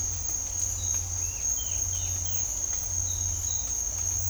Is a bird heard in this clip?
yes